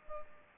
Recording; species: mosquito wingbeat signal from an infrared sensor; Culex pipiens